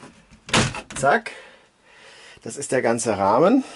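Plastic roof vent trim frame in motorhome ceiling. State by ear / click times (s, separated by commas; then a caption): released / 0.5 s. The clipped-in plastic trim frame of a roof vent in the ceiling of a Carado I447 motorhome is pulled out of its clips so a MAXXFAN can be installed. Two sharp snaps at 0.5 s and 0.5 s mark the clips giving way, and the frame comes free. Someone talks afterward.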